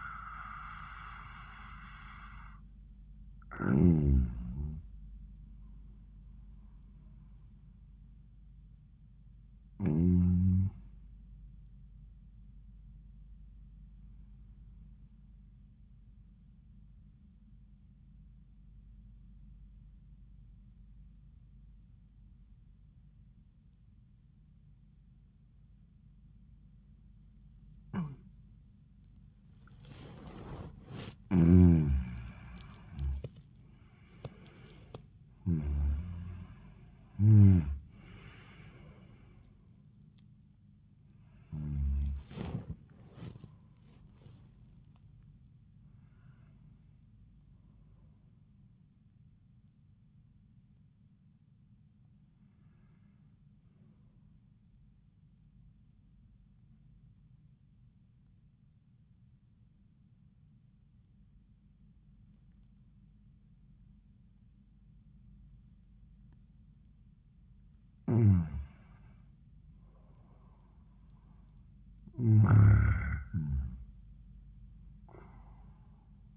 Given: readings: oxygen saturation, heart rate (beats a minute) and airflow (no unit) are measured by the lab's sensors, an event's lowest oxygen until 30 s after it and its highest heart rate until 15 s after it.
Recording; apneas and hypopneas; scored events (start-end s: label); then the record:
breathing in sleep by a smartphone at the bedside; 2
17.00-32.80 s: obstructive apnea (N1, oxygen 97% highest, then 86% lowest, heart rate 83 at the start, 91 highest)
56.00-68.30 s: obstructive apnea (N1, oxygen 97% highest, then 90% lowest, heart rate 87 at the start, 90 highest)
From the record:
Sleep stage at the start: N1 (lightest sleep); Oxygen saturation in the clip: 86 to 97%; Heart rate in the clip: 76 to 91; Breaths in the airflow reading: 9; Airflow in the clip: -25.5 to 20.5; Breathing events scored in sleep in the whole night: 400 in 8.7 hours asleep